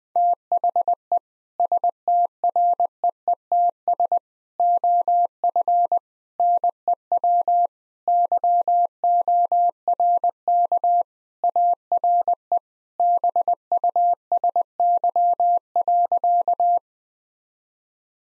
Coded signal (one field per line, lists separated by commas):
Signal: Morse code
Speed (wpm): 19 wpm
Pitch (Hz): 700 Hz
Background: none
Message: THE STREETS OF NEW YORK ARE BUSY.